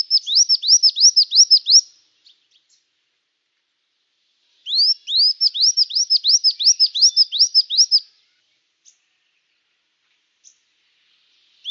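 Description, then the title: Brown-throated sunbird song: a rapid burst of high, arched slurred notes, a silent gap, then a longer matching burst, followed by a few faint ticks. In full active song (gacor), used for training cage birds. "Kolibri Gacor"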